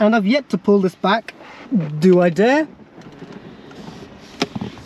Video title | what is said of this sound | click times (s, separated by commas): Jaguar XK 4.2 Review (X150) | and it won't even click into place properly my knees are in the way | none